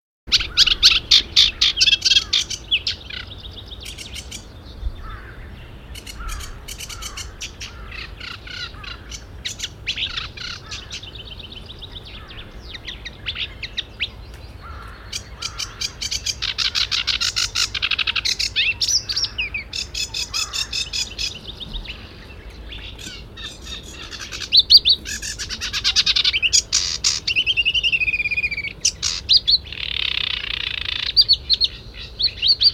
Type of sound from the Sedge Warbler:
song